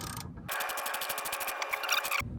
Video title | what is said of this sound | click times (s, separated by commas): Lower Ball Joint Replacement First Gen Tacoma | Heard that click. | 1.6 s